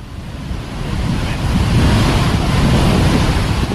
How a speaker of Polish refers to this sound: Wodospad jest niesamowity. Niestety z czasem woda pogłębia, że tak powiem, podkowy, którą zarysowuje ten wodospad.